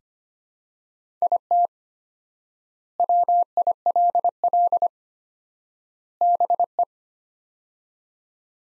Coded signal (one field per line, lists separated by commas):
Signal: Morse code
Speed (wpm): 25 wpm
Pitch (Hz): 700 Hz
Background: none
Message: IT WILL BE